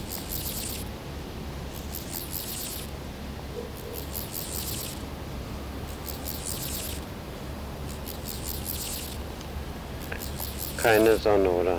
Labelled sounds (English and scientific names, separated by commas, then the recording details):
Steppe Grasshopper (Chorthippus dorsatus) stridulation
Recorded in the wild
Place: Eutin, Holsteinische Schweiz, Schleswig-Holstein, DE
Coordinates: 54.132, 10.614
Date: 1992-09-15 12:36
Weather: leicht windig, 18°C
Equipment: Marantz CP 430, Sennheiser ME 80, Kopie Tesla B 116
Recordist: Tembrock, Günter